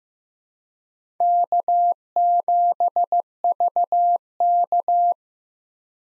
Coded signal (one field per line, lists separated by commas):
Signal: Morse code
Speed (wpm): 15 wpm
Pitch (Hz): 700 Hz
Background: none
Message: K7VK